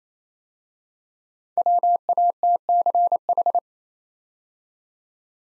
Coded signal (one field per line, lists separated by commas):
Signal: Morse code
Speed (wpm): 27 wpm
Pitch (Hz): 700 Hz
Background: none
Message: WATCH